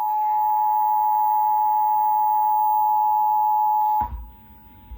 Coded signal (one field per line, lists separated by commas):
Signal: Emergency Alert System (SAME) tones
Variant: 853 and 960 Hz attention tone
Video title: Severe Thunderstorm Watch #605 (2024) EAS (Cox) 8/6/24